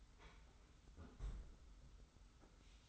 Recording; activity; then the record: daily activity, microphone in the room; close fridge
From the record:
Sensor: 3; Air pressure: 991.1 hPa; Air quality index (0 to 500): 119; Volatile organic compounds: 89 ppm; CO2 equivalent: 3679 ppm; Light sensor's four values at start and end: 34/80/32/30 and 33/80/32/30